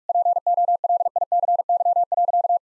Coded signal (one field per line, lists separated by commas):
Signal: Morse code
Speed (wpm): 46 wpm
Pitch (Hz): 700 Hz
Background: none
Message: POLICY.